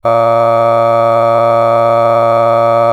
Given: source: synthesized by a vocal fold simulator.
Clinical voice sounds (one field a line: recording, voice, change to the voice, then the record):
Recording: sustained vowel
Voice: male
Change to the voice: a random mix of aspiration noise, stiffness perturbation and strain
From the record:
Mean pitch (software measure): 115 Hz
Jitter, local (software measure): 1.26%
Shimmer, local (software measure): 5.0%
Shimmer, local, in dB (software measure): 0.41 dB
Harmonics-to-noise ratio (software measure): 16.6 dB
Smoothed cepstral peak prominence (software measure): 18.8 dB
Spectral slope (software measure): -17.1 dB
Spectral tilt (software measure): -11.2 dB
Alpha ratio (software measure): -7.5 dB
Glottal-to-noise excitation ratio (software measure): 0.985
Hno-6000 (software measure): 2.3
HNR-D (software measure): 22.9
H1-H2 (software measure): 5.0 dB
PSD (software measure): 9.0e-05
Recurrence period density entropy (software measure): 0.105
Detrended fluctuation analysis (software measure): 0.0546